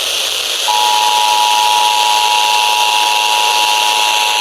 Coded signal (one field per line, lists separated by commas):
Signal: Emergency Alert System (SAME) tones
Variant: 853 and 960 Hz attention tone